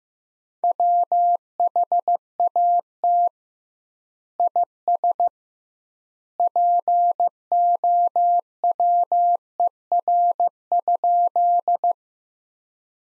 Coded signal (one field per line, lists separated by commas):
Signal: Morse code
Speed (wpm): 15 wpm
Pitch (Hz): 700 Hz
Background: none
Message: WHAT IS POWER?